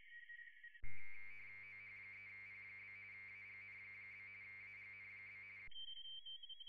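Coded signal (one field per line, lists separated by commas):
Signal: RTTY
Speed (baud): 45.45 baud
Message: OH3P? AGN? AGN?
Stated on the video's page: RTTY in the A.R.I. International DX Contest, single operator two VFO, low power.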